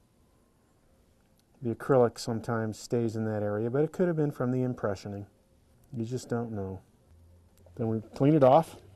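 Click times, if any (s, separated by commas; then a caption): none. An acrylic mini-implant-retained mandibular overdenture is handled before being settled onto the mini implant heads in the patient's mouth, where its attachments are meant to click onto the implants. Someone talks throughout, with only faint brief ticks near 1.4 s and 7.6 s in the quiet gaps. Nothing has seated or clicked yet.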